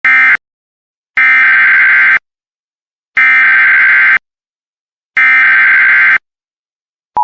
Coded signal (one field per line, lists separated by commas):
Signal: Emergency Alert System (SAME) tones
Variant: header bursts